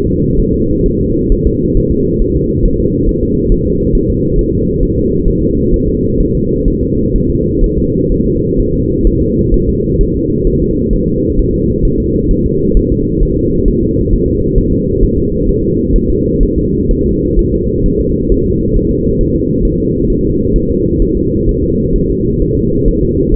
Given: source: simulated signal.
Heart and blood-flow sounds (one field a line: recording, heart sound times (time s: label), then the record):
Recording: fetal heart sounds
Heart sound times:
0.07 s: S2
0.39 s: S1
0.54 s: S2
0.86 s: S1
1.01 s: S2
1.32 s: S1
1.47 s: S2
1.77 s: S1
1.92 s: S2
2.22 s: S1
2.36 s: S2
2.65 s: S1
2.80 s: S2
3.09 s: S1
3.23 s: S2
3.52 s: S1
3.67 s: S2
3.95 s: S1
4.10 s: S2
4.39 s: S1
4.53 s: S2
4.83 s: S1
4.98 s: S2
5.28 s: S1
5.43 s: S2
5.74 s: S1
5.88 s: S2
6.20 s: S1
6.35 s: S2
6.68 s: S1
6.83 s: S2
7.16 s: S1
7.30 s: S2
7.64 s: S1
7.79 s: S2
8.12 s: S1
8.27 s: S2
8.59 s: S1
8.74 s: S2
9.07 s: S1
9.22 s: S2
9.54 s: S1
9.69 s: S2
10.01 s: S1
10.16 s: S2
10.47 s: S1
10.62 s: S2
10.93 s: S1
11.08 s: S2
11.39 s: S1
11.54 s: S2
11.85 s: S1
12.00 s: S2
12.31 s: S1
12.46 s: S2
12.77 s: S1
12.92 s: S2
13.23 s: S1
13.38 s: S2
13.68 s: S1
13.83 s: S2
14.13 s: S1
14.28 s: S2
14.58 s: S1
14.73 s: S2
15.03 s: S1
15.18 s: S2
15.49 s: S1
15.64 s: S2
15.96 s: S1
16.10 s: S2
16.43 s: S1
16.58 s: S2
16.91 s: S1
17.06 s: S2
17.39 s: S1
17.54 s: S2
17.86 s: S1
18.01 s: S2
18.32 s: S1
18.46 s: S2
18.77 s: S1
18.91 s: S2
19.21 s: S1
19.35 s: S2
19.65 s: S1
19.80 s: S2
20.10 s: S1
20.25 s: S2
20.56 s: S1
20.71 s: S2
21.02 s: S1
21.17 s: S2
21.49 s: S1
21.64 s: S2
21.96 s: S1
22.10 s: S2
22.42 s: S1
22.57 s: S2
22.88 s: S1
23.03 s: S2
23.34 s: S1
From the record:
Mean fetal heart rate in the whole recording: 130 bpm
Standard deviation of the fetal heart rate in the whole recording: 4 bpm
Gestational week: 38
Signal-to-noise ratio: -14.7 dB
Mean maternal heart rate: 72 bpm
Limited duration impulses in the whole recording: present